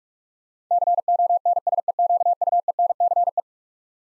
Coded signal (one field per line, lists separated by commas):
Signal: Morse code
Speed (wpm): 42 wpm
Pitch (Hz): 700 Hz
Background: none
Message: CONSEQUENCE